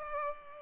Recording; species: mosquito wingbeat signal from an infrared sensor; Culex pipiens